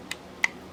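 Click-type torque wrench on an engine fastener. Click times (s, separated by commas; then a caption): 0.4 s. A click-type torque wrench set to 60 inch-pounds tightens an engine fastener, with a soft ratchet tick at 0.1 s followed by a sharp, louder click at 0.4 s as the wrench breaks over. The fastener is confirmed to have reached 60 inch-pounds.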